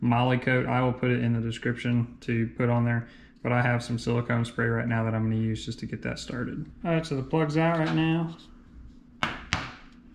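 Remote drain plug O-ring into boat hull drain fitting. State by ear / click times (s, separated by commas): seated / 9.2 s, 9.5 s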